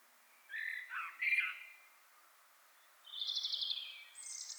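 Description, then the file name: Common blackbird giving short mellow warbled notes, a silent gap, then a buzzy high twittering trill. "Turdus merula"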